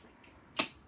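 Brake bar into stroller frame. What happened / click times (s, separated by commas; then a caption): The brake bar snapped into place / 0.6 s. A plastic brake bar is pushed into the stroller frame of a Nuna Mixx travel system at its two V buttons. Quiet handling noise leads to a single sharp, bright snap at 0.6 s, and the brake bar is seated.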